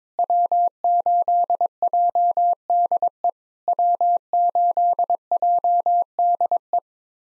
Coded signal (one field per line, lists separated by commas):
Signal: Morse code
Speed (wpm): 23 wpm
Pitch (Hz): 700 Hz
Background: none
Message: W8JDE W8JDE